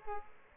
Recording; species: mosquito wingbeat signal from an infrared sensor; Aedes aegypti